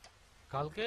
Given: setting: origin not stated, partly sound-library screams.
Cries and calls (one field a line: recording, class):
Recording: one-second piece from a danger detection set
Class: normal situation